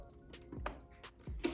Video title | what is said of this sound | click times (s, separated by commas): Como instalar Memória RAM no PC! Fácil demais! | vai encaixar ela certinho e vai pressionar e ela vai dar um clique, ó. | 0.7 s, 1.5 s